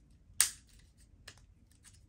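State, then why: Seated. The plastic side retaining rail of a Synology NAS drive tray is pressed onto a 3.5-inch hard drive, and it snaps into place with a sharp, bright click at 0.4 s. Fainter plastic ticks follow around 1.3 s and 1.7 s. The rail is seated and secures the drive in the tray.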